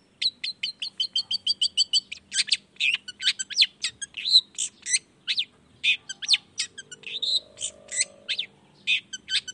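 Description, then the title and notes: Long-tailed shrike song: a fast run of sharp, even chirps, then a varied jumble of squeaky whistles and trills. Cendet heard singing in the morning in a varied 'toet toet' style; the recording is meant to stimulate reluctant shrikes to join in and sing. "Cendet Gacor Dor Di Kala Pagi Toet Toet Variasi Suara. Cendet Gacor Di Pagi Hari Rangsangan Emosi Cendet Malas Bunyi Supaya Secepatnya Ikutan Bunyi. Burung cendet"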